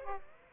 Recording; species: mosquito wingbeat signal from an infrared sensor; Aedes aegypti